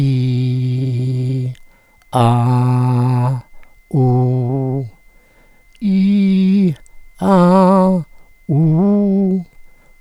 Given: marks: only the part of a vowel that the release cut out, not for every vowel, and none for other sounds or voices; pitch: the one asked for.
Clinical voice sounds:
sustained vowels; male; 70 to 79 years
0.00-1.42 s: vowel /i/, normal pitch
2.20-3.25 s: vowel /a/, normal pitch
3.99-4.78 s: vowel /u/, normal pitch
5.87-6.68 s: vowel /i/, high pitch
8.55-9.36 s: vowel /u/, high pitch
From the record:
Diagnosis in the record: hypopharyngeal tumor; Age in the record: 71 years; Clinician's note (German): Verdacht auf Hypopharynxtumor li, Stimmlippen weißlich, o.B.

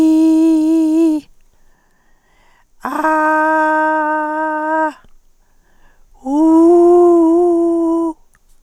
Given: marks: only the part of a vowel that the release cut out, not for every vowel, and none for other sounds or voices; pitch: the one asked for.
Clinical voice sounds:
sustained vowels; female; 60 to 69 years
0.00-1.12 s: vowel /i/, normal pitch
3.06-3.94 s: vowel /a/, normal pitch
6.45-7.92 s: vowel /u/, normal pitch
From the record:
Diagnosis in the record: recurrent laryngeal nerve paralysis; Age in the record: 68 years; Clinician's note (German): Frische strumiprive, mit inkompletter Kompensation

